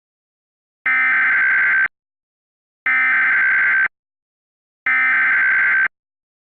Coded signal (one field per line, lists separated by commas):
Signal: Emergency Alert System (SAME) tones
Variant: header bursts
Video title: EAS Scenario 100 Subscriber Special Terror Attack On America